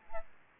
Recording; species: mosquito wingbeat signal from an infrared sensor; Aedes albopictus